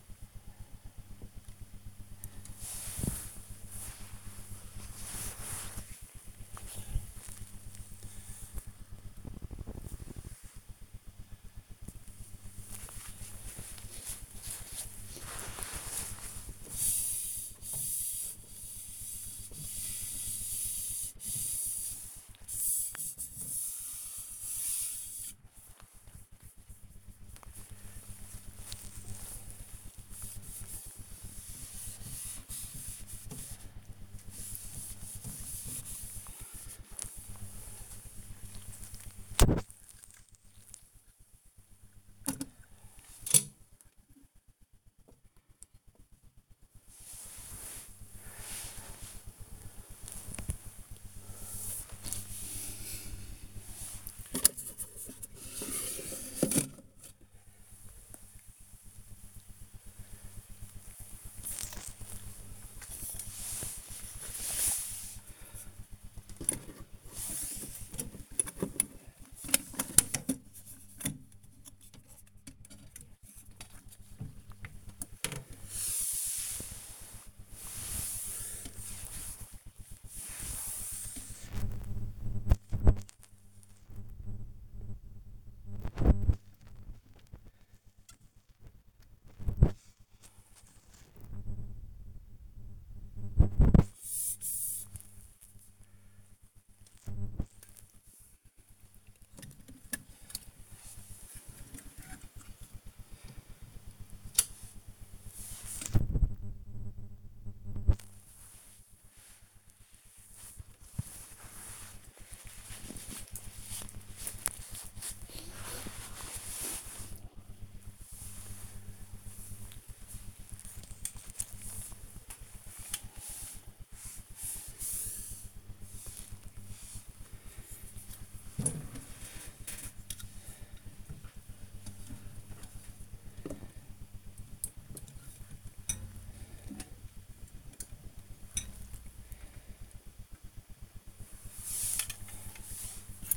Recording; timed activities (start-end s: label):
household activities, microphone on the right wrist
0.00-4.85 s: dusting model cars
16.95-109.59 s: dusting model cars
117.63-143.37 s: dusting model cars